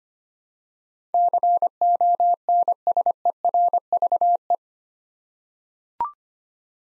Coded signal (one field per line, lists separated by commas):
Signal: Morse code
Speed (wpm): 25 wpm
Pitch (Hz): 700 Hz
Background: none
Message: CONSERVE